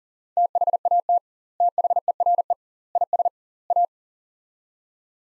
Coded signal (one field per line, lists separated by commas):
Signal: Morse code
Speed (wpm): 40 wpm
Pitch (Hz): 700 Hz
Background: none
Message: THAT THERE IS A